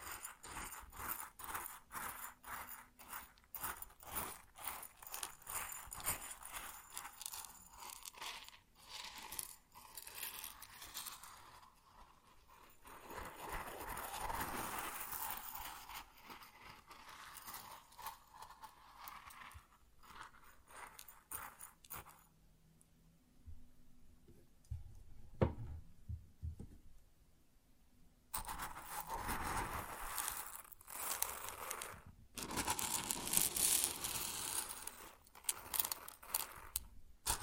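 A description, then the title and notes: Grain rustles and patters in a dense, crackling stream of tiny clicks, bright and gritty, swelling and thinning in waves. Around the middle it drops to a quieter, sparser trickle for several seconds, then returns fuller and louder toward the end. ASMR Grain Sounds (No Talking).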